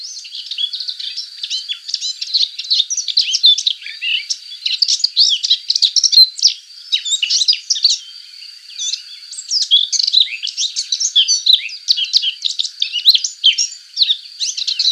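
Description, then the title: Subalpine warbler singing a long, hurried warble of dry twitters and sharp high notes in bursts, with a short lull in the middle. "Sylvain Jaskowiak - Mes piafs. Fauvette passerinette"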